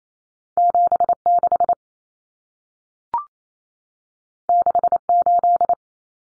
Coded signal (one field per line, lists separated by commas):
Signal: Morse code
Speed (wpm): 28 wpm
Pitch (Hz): 700 Hz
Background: none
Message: 76 68